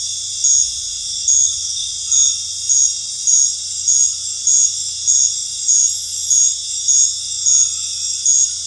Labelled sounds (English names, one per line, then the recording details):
none
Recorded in dense forest near Puerto Asís, Putumayo, Colombia, on 13 March 2025 at 20:30
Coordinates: 0.484, -76.317
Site G064